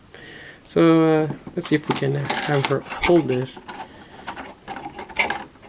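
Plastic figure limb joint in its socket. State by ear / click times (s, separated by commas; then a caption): released / 5.3 s. Someone talks while posing a small plastic Figma action figure to hold an accessory. At 5.3 s, a ball/peg limb joint pops out of its socket with a sharp snap, leaving the joint released.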